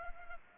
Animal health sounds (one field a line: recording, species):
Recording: mosquito wingbeat signal from an infrared sensor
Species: Culex pipiens